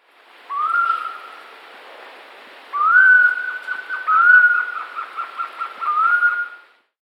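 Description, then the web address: Screaming piha whistled call: a short rising whistle, a pause, then a longer steady whistle broken into quick stuttering notes near the end. Amazon bird, in Peru. "Birds of the Amazon 3. Screaming Piha (Lipaugus vociferans), Peru"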